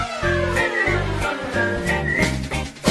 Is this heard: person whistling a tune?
yes